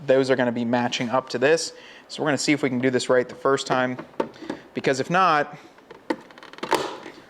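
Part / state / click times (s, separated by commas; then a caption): side mirror glass/cover clipping into the mirror housing / seated / 6.8 s. Someone talks while lining up the round mirror glass/cover, with its four tabbed markers, against the side mirror housing on a paint-matched Jeep Wrangler/Gladiator mirror. After a few small clicks and rustles, the cover is pushed on and its plastic clips snap into place at about 6.8 s, leaving the cover seated in the housing.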